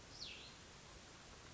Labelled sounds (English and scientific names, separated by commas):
Cassin's Vireo (Vireo cassinii)